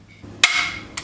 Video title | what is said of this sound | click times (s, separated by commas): Fabrication Part 2 | want to keep squeezing it until you hear a popping sound and that's how you know it's done | 0.4 s